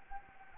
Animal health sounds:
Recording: mosquito wingbeat signal from an infrared sensor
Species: Anopheles gambiae

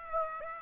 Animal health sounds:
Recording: mosquito wingbeat signal from an infrared sensor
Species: Aedes aegypti

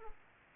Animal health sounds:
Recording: mosquito wingbeat signal from an infrared sensor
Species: Aedes aegypti

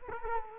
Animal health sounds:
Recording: mosquito wingbeat signal from an infrared sensor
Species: Culex quinquefasciatus

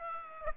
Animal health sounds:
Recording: mosquito wingbeat signal from an infrared sensor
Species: Aedes aegypti

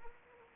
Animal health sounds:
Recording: mosquito wingbeat signal from an infrared sensor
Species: Anopheles arabiensis

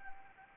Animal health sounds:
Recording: mosquito wingbeat signal from an infrared sensor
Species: Anopheles arabiensis

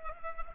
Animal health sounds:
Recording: mosquito wingbeat signal from an infrared sensor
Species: Culex pipiens

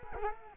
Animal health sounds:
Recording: mosquito wingbeat signal from an infrared sensor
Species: Culex quinquefasciatus

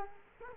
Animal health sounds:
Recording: mosquito wingbeat signal from an infrared sensor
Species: Culex quinquefasciatus

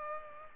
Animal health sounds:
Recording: mosquito wingbeat signal from an infrared sensor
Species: Culex pipiens

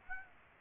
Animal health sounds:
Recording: mosquito wingbeat signal from an infrared sensor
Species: Aedes aegypti

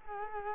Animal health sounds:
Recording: mosquito wingbeat signal from an infrared sensor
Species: Culex quinquefasciatus

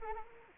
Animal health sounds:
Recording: mosquito wingbeat signal from an infrared sensor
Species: Anopheles arabiensis

